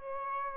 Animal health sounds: mosquito wingbeat signal from an infrared sensor; Aedes albopictus

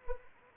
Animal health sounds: mosquito wingbeat signal from an infrared sensor; Anopheles arabiensis

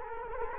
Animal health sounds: mosquito wingbeat signal from an infrared sensor; Culex quinquefasciatus

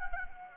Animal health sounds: mosquito wingbeat signal from an infrared sensor; Anopheles gambiae

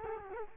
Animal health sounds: mosquito wingbeat signal from an infrared sensor; Culex quinquefasciatus

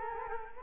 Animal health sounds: mosquito wingbeat signal from an infrared sensor; Culex quinquefasciatus

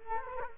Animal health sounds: mosquito wingbeat signal from an infrared sensor; Culex quinquefasciatus

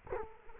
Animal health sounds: mosquito wingbeat signal from an infrared sensor; Culex quinquefasciatus

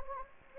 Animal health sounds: mosquito wingbeat signal from an infrared sensor; Anopheles gambiae

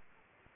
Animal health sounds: mosquito wingbeat signal from an infrared sensor; Anopheles arabiensis

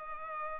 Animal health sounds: mosquito wingbeat signal from an infrared sensor; Culex pipiens

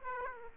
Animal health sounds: mosquito wingbeat signal from an infrared sensor; Aedes aegypti

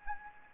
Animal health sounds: mosquito wingbeat signal from an infrared sensor; Anopheles gambiae

